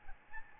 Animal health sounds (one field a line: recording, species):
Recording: mosquito wingbeat signal from an infrared sensor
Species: Aedes albopictus